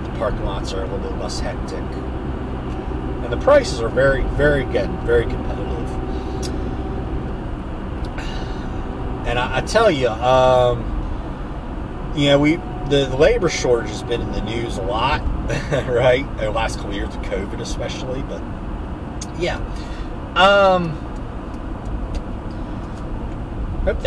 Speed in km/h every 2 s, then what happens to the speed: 79, 77, 77, 79, 77, 76, 77, 77, 76, 76, 71, 69.
0-15 steady at about 77. 15-24 slows to 69.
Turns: none.